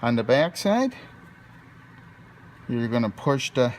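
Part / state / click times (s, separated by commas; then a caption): 5 mm LED bulb into door handle trim hole / not seated / none. A 5 mm LED bulb is being pushed from the back side into a drilled hole in the interior door handle trim of a Porsche 944. Someone talks in two bursts, with a quiet, steady low background between them. Nothing has seated or clicked yet.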